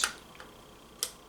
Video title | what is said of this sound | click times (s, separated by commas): Mamiya M645 1000S complete kit in the making. | There it goes. It pops right in better than the the peniprism. | 1.0 s